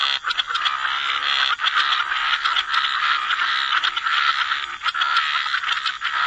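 Frogs in a dense chorus, overlapping raspy croaks blending into a steady, unbroken mid-pitched wall of sound with brief dips.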